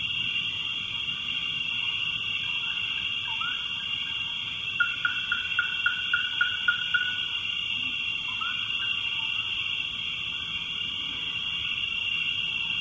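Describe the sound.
Frog calls: a quick series of about nine short, evenly spaced notes and a few rising chirps, over a loud, steady high drone throughout.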